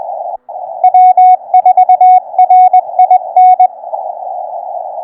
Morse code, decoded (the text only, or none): W4RIN